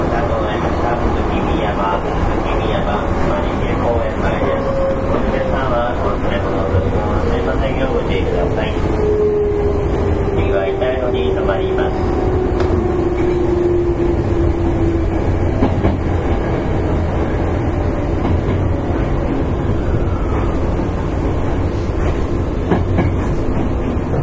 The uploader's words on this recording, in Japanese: 山陽電気鉄道 5000系電車の走行音です。山陽電鉄線から神戸高速線・阪神電鉄線へ直通する直通特急列車にて収録。区間は、舞子公園から神戸三宮までです。